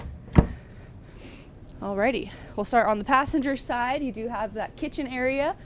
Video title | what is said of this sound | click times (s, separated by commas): 2023 Newmar Dutch Star 4369 - 5N220609 | You push it in and then locks in place so you definitely don't have to worry about them sliding open | 0.4 s